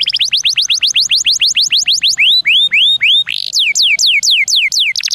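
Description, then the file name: Atlantic canary singing a fast series of rising whistled sweeps, shifting to slower upward slurs, then repeated downward-sliding notes, all high and clear. Canary song in the ornate 'cengkok mewah' style. "suara kenari cengkok mewah"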